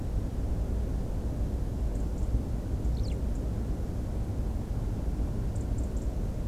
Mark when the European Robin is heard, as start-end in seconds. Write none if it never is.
1.94-2.25, 2.83-3.38, 5.54-6.04